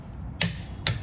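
A click-type torque wrench tightens a wheel lug nut on a car that has been lowered back onto its tires after a rear brake pad change. Two sharp, bright clicks ring out at 0.4 s and 0.9 s over a low background hum. The wrench clicks at its set torque, so the lug nut is tightened to spec.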